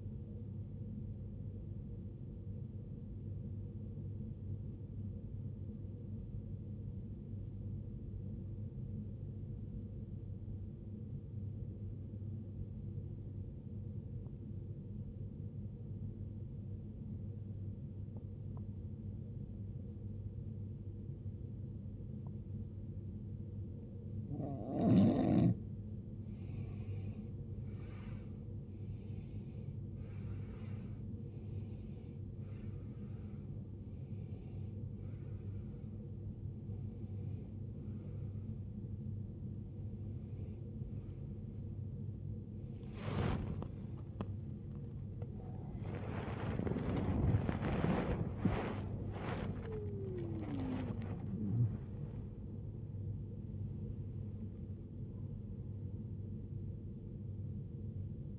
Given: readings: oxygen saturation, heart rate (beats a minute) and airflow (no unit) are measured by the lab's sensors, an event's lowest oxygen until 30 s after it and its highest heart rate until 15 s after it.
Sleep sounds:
breathing in sleep by a smartphone at the bedside; 1
7.00-25.90 s: obstructive apnea (N1, oxygen 96% highest, then 87% lowest, heart rate 66 at the start, 81 highest)
8.00-38.00 s: new sleep stage, N2 (light sleep)
38.00-58.39 s: new sleep stage, N1 (lightest sleep)
From the record:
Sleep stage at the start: N1 (lightest sleep); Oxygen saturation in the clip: 86 to 96%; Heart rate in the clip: 60 to 99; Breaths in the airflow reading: 10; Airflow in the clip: -18.2 to 17.3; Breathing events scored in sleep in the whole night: 389 in 6.3 hours asleep

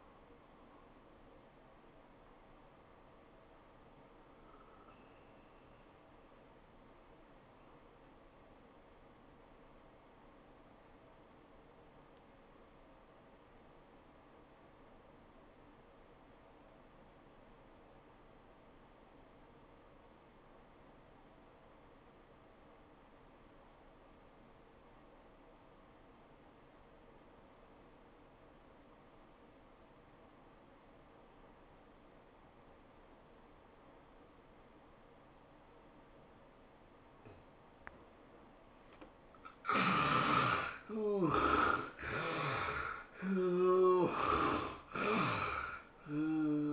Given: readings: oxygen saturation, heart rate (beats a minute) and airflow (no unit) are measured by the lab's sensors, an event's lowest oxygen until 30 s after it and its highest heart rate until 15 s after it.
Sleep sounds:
breathing in sleep by a voice recorder at the bedside; 1
8.00-38.60 s: obstructive apnea (N1, oxygen 92% highest, then 65% lowest, heart rate 86 at the start, 106 highest)
21.00-46.73 s: new sleep stage, N2 (light sleep)
From the record:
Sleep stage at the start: N1 (lightest sleep); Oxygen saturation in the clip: 68 to 92%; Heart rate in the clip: 57 to 104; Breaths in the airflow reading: 4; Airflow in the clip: -14.0 to 11.7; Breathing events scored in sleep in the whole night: 403 in 5.5 hours asleep

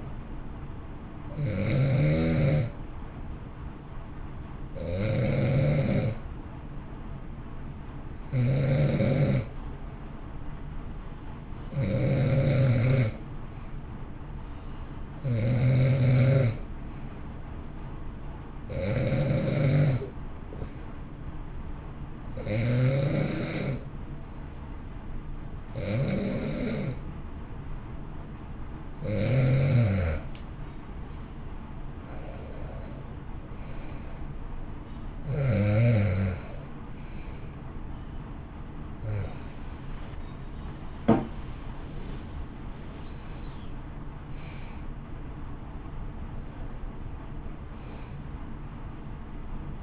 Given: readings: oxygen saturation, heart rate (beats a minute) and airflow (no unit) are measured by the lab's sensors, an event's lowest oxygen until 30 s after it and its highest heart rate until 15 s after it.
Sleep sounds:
breathing in sleep by a smartphone at the bedside; 1
6.00-32.50 s: hypopnea (N2, oxygen 93% highest, then 90% lowest, heart rate 57 at the start, 67 highest)
30.00-49.83 s: new sleep stage, N1 (lightest sleep)
From the record:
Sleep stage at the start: N2 (light sleep); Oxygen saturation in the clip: 91 to 93%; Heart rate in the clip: 56 to 67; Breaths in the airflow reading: 13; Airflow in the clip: -7.2 to 10.6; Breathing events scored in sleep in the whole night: 328 in 6.3 hours asleep

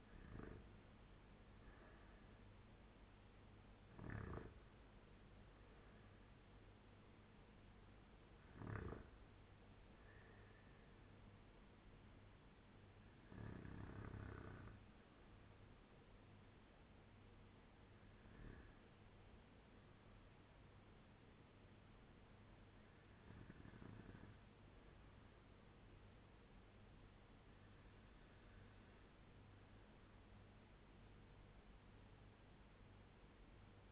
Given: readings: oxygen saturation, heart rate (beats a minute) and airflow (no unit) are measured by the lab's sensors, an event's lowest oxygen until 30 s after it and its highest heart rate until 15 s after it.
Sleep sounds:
breathing in sleep by a voice recorder at the bedside; none
none scored
From the record:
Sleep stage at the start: REM sleep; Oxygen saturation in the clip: 82 to 98%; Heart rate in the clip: 81 to 90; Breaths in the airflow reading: 7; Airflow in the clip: -7.3 to 5.8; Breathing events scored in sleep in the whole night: 201 in 6.5 hours asleep

